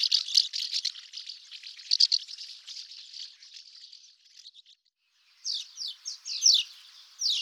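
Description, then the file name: House martin twittering in a fast, buzzy chatter that fades, then a short pause before a burst of sharper chirps resumes. At a window. "Hirondelle Fenetre"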